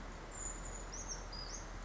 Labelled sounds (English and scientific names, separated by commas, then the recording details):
Brown Creeper (Certhia americana)
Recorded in Sonoma County, California